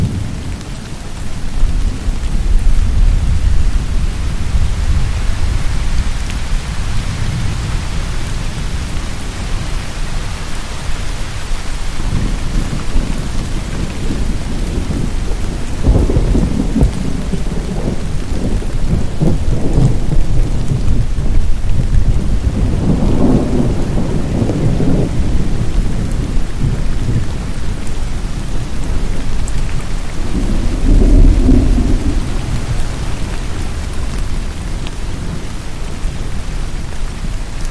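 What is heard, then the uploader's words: Steady rain hisses throughout, dense, under a deep, continuous rumble of thunder. The rumbling swells several times, around the middle and again near the end, rolling low and heavy before settling back beneath the rain. Thunder & Rian Sounds. Relaxing rain & lightning thunder.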